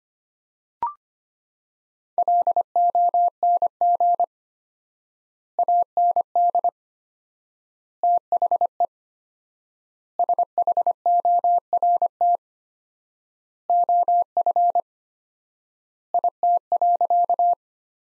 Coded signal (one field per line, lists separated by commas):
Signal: Morse code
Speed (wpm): 25 wpm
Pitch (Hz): 700 Hz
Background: none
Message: LONG AND THE SHORT OF IT.